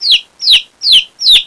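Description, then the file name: Chick peeping: four loud, high, downward-sliding peeps, evenly spaced about every 0.4 seconds. "Kueken"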